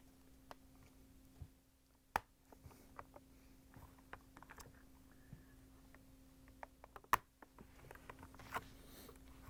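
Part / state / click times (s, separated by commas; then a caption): plastic snap clips of a dishwasher door panel / released / 2.2 s, 7.1 s. Plastic snap clips holding the door panel of a GE dishwasher are pried apart one after another with a small flathead screwdriver while the user interface control board (WD21X23461) is being replaced. Faint scraping ticks are heard over a steady low hum. Two sharp, loud snaps at 2.2 s and 7.1 s mark clips popping free, releasing the panel.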